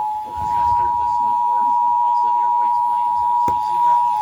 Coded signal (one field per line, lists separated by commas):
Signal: Emergency Alert System (SAME) tones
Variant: 853 and 960 Hz attention tone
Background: speech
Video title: EAS Severe Thunderstorm Warning #2